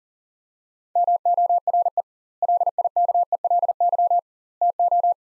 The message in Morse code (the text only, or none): MORE LIKELY TO